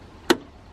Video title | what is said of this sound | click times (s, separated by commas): Unboxing, Installation (with tips) & Review of the Hansshow Motorised Tesla Model 3 Frunk | manually energizing the front latch like this press down till it clicks so you can see the the safety latch here and the main hatch is holding down here | 0.3 s